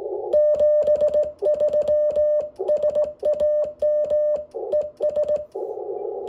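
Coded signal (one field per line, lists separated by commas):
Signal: Morse code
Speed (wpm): 18 wpm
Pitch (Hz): 600 Hz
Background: none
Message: 73 SAM ES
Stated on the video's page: Contact on 20m during an SKCC weekend sprint, running an IC7300 at 5 watts QRP into a windom antenna.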